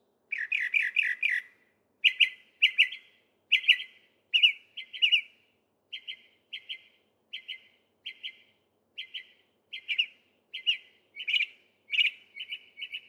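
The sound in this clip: Northern mockingbird song of rich chattering phrases at first, then clipped notes repeated in pairs at a steady pace, each phrase type repeated before changing.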